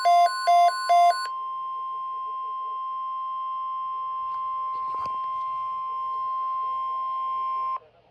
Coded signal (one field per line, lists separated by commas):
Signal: Emergency Alert System (SAME) tones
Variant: 1050 Hz attention tone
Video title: Slight risk threat from 7/8/26 EAS Compliation#6 EAS#139-146 of 2026 #noaaweatherradio